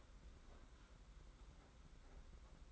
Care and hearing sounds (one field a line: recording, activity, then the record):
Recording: daily activity, microphone in the room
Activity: open fridge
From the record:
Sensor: 3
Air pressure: 991.8 hPa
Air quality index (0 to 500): 215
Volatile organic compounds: 1000 ppm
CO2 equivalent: 7357 ppm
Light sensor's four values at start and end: 33/98/40/34 and 33/98/40/34